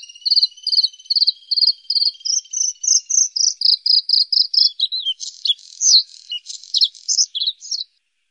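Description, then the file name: Bluethroat song: a long run of rapid high repeated notes, first a steady ringing series, then varied buzzy and twittering phrases shifting in pitch, all very high with a quiet background. "lsvecica"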